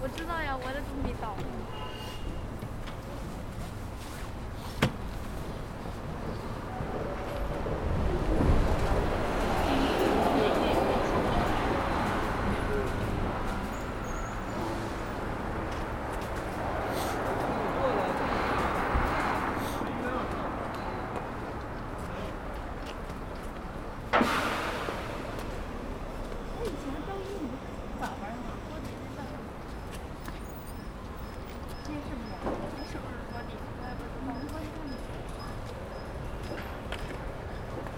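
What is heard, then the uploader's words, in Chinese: Street ambience outside a university gate: steady traffic hum, vehicles swelling past around 10 and 19 seconds, faint voices, sharp knocks near 5 and 24 seconds. 在北大南门等人｜城市声音。录音时间是2020年11月30日上午，气温在1度左右。手里拿了一杯从旁边便利店接的热水。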